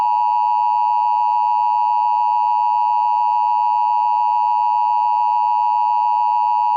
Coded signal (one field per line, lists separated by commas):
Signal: Emergency Alert System (SAME) tones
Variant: 853 and 960 Hz attention tone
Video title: (VALID TONES) EAS Recreation Mock - Primary Entry Point RWT (August 3, 2023)